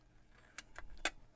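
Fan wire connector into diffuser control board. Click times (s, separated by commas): 1.1 s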